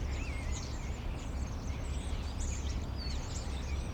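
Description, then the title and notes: Common starling whistling and chirping: bent high notes and quick squeaky twitters follow one another without pause, with a heavy low drone of traffic underneath. Several starlings perched on a crane in an inner courtyard of a city block, Rue Tasson-Snel 9, Saint-Gilles, Belgium; recorded with a Sony PCM-M10. "Rue Tasson-Snel 9, 1060 Saint-Gilles, Belgique - Étourneaux - Starlings. Étourneaux sur une grue, intérieur dîlot. Starlings on a crane, Inner courtyard. Sony PCM-M10"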